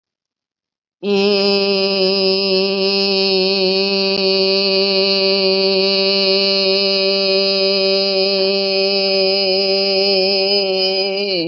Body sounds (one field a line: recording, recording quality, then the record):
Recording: sustained vowel as in made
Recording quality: excellent, no background noise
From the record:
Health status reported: healthy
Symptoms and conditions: none ticked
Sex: female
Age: 49 years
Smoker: not ticked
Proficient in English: yes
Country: India